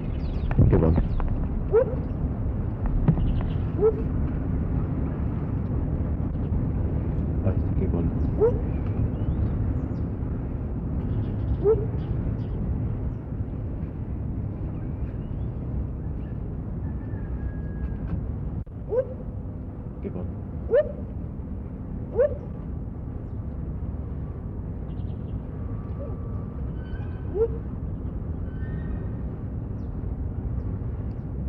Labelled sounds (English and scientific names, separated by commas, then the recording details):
Lar Gibbon (Hylobates lar)
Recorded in captivity
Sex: diverse
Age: adult
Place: Tierpark Berlin, Berlin, DE
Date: 1964-11-28 13:30
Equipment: Telefunken Magnetophon 300, Transistorverstärker, Sennheiser MD 421, Kopie Smaragd
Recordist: Tembrock, Günter
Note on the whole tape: Kurzlaute des kleineren Exemplars, aktiviert durch Laute des Beobachters. Nach Tembrocks Ansage klingen die Gibbons rauher, mit stärkeren Obertönen. Zuletzt fällt auch größeres Tier ein. Am Ende Freßgeräusche